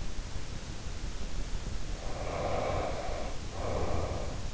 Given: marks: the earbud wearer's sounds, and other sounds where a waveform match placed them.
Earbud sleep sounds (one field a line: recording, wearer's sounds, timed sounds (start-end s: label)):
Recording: sounds in sleep by an in-ear microphone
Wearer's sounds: snoring breath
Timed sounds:
1.86-4.49 s: snoring breath